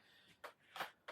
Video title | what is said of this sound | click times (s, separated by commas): MTB Fix - Deja Voodoo again (Part 2) | pull it back that will lock into place | 0.4 s, 1.1 s